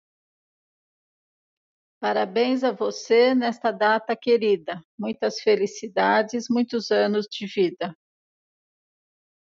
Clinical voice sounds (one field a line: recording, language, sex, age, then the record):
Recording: short text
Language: Brazilian Portuguese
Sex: female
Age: 60 to 69 years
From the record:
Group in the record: control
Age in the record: 65 years